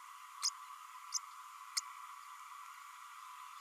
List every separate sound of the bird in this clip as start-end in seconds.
0.42-0.50, 1.14-1.18, 1.76-1.80